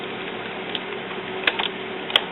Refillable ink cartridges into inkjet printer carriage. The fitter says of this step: there you go I'm pushing the top of the tab I clicked them in